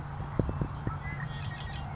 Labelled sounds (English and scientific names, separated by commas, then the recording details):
Red-winged Blackbird (Agelaius phoeniceus)
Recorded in Sonoma County, California